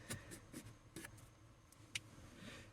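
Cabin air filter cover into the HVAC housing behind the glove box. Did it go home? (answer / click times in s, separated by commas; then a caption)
yes / 2.0 s. A plastic cabin air filter access cover on a 2012–2017 Kia Rio is pushed back into the HVAC housing behind the glove box. Soft rubbing and light taps come first, then a sharp, loud click at 2.0 s as the cover snaps shut and seats.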